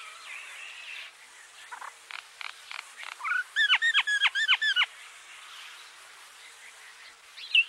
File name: Indian Myna